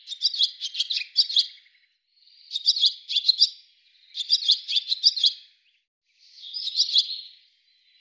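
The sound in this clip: Bird chirps in four tight clusters of rapid high notes, separated by short gaps.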